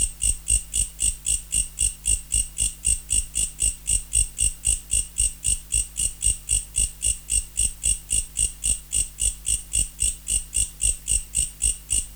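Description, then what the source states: Mecopoda katydid: rapid, regular shrill pulses of a Mecopoda katydid song, nearly four each second without pause, accompanied by a steady low-pitched hum. Recorded in November.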